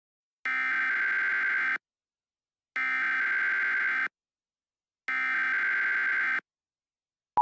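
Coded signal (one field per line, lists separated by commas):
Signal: Emergency Alert System (SAME) tones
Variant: header bursts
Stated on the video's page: Fictional Shark Week EAS scenario.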